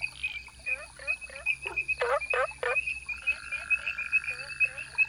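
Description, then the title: Frogs calling, a chorus of short upswept croaks and quick repeated notes, with a steady high whistle-like tone running through and a sustained buzzy drone in the second half. Frog calls at ponds across Taiwan, 2006–2009, a walk from pond to pond; the island has 32 frog species. "Grenouilles de Taiwan"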